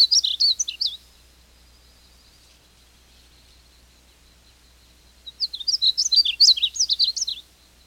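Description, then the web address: Painted bunting song: a short high warble at the start, then after a pause a longer run of bright, tumbling notes, with a soft thin tone in the background. "101 Bird Songs. Painted Bunting"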